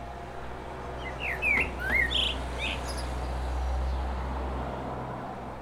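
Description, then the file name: Common blackbird song phrase of slurred whistles and short high notes, fairly soft above a steady low hum and rumble. "Turdus merula"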